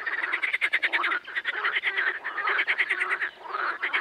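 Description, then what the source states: Amphibians: frog chorus of rapid repeated croaks, dense and nearly unbroken. Amphibian ambience.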